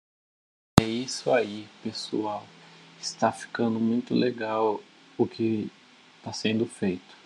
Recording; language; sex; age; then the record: spoken sentence; Brazilian Portuguese; male; 20 to 29 years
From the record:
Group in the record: control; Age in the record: 23 years